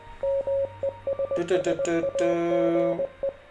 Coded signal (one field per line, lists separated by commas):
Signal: Morse code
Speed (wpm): 20 wpm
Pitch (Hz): 550 Hz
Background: radio noise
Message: MESSAGE